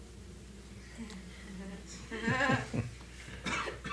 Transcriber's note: chuckles